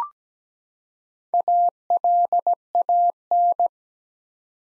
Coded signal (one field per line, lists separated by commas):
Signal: Morse code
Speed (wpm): 17 wpm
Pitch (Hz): 700 Hz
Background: none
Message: ALAN